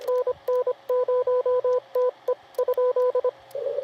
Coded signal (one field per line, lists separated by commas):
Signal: Morse code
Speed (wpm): 25 wpm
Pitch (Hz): 1000 Hz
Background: radio noise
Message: NN0TE ?